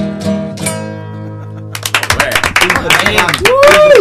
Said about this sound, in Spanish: Ah, no, todos los aplausos son para Tabaré Vázquez.